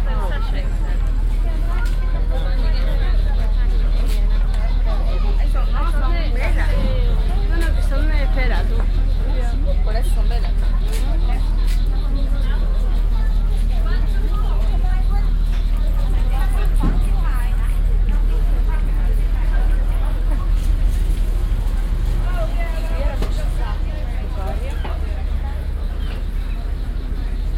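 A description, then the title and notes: Crowd chatter fills a busy market in Exeter, with overlapping voices talking steadily throughout. A constant low engine rumble sits underneath, like a nearby vehicle idling, and scattered clicks and knocks break through every few seconds. Recordings around the continental market in Exeter, July 2006.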